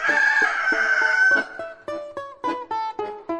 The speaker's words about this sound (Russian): Тотчас приросла петушиная голова обратно, и петух закукарекал.